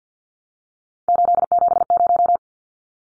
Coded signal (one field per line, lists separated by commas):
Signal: Morse code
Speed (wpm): 50 wpm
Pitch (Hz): 700 Hz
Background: none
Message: 870